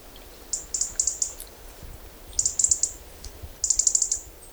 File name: Erithacus rubecula